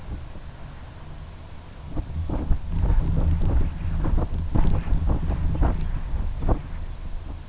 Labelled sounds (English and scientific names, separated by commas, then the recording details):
none
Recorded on Arctic tundra, site UTQI-2, on 11 June 2019
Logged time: 20:00